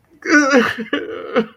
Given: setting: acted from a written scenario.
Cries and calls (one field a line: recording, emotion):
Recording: vocal sound without words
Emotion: sadness